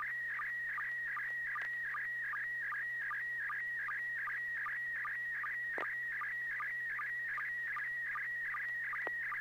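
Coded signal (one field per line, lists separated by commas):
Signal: SSTV (slow-scan television)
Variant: PD50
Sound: steady high warbling tone broken by short low blips about two and a half times a second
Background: low electrical hum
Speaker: i'm going to transmit pd [Music] 50. c all right n6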